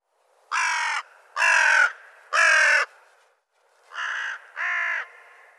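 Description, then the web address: Bird calling with loud, raspy caws: three in steady succession, a short silence, then two more slightly softer ones. "cianscape birddata Deverinetal 2025 Bird Co Co Co Co"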